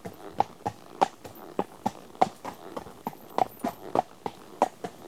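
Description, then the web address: Horse walking, distinct ringing hoof strikes on hard ground, spaced and loud. One horse at a walk on tarmac. "BBC Sound Effects Library. One horse at walk on tarmac"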